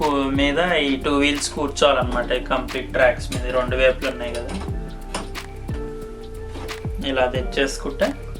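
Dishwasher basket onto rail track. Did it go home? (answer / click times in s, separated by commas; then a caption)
no / none. Someone talks over background music while the two wheels of a Bosch dishwasher's upper basket are set onto the rail tracks on both sides, ready for the basket to be pushed in so its hook locks. Brief knocks at about 5.2 s and 5.7 s are heard as the basket is handled. Nothing has seated or clicked yet.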